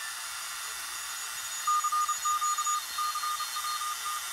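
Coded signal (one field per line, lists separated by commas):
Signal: Morse code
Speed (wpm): 32 wpm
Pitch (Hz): 1220 Hz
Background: none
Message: CQ CWT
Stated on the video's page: CW on 80 meters heard on a home-brew direct conversion receiver, Si5351 into an SA602 with an NE5532 audio stage.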